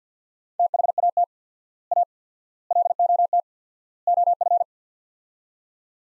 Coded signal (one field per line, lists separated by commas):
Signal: Morse code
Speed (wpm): 50 wpm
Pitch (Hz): 700 Hz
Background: none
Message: THAT A LOT OF